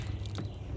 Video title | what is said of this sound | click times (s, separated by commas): Homestead Monday, frost coming | so now I'm going to pop this into place because these are got holes designated to hold | 0.3 s